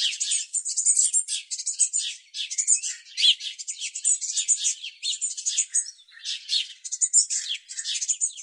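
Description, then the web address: Eurasian blue tit giving a near-unbroken stream of high, harsh chattering notes and short churrs, loud and busy from start to end. "Deverinetal"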